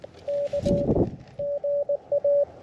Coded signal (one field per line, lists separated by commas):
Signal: Morse code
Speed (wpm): 20 wpm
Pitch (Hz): 570 Hz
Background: none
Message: K GA